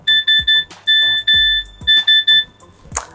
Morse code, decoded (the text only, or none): SMS